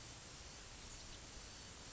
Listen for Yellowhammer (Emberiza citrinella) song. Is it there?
no